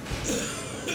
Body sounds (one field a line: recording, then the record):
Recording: coughing mixed with background sound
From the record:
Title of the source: Spring Cold Coughing.